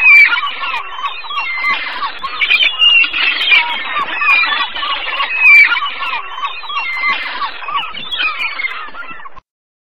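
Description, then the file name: Gulls, a crowded flock of squealing and yelping cries overlapping without pause before falling silent at the end. Gulls on a beach. "Playa con gaviotas"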